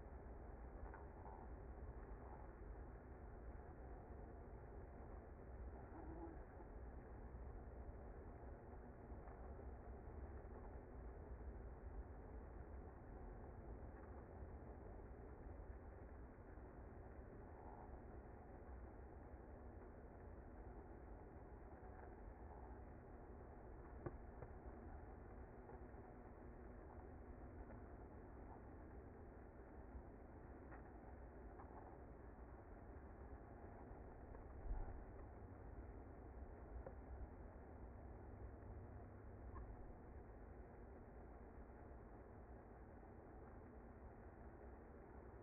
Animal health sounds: honeybee colony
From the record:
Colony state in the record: active

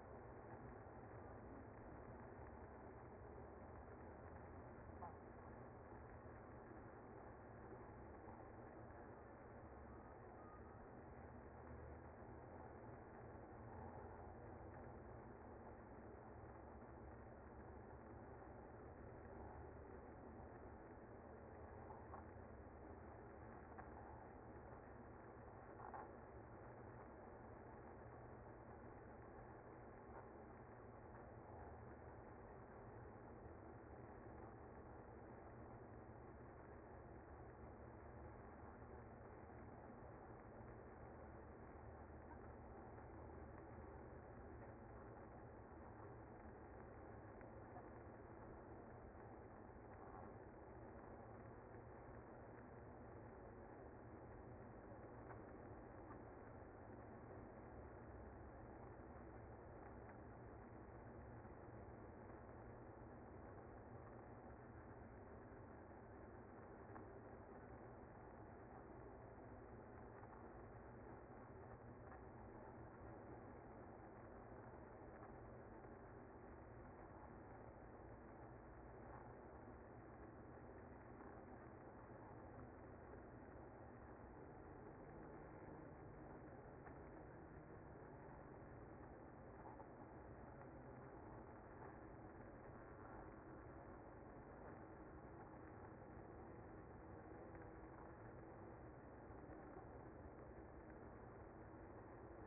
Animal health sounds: honeybee colony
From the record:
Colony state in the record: active

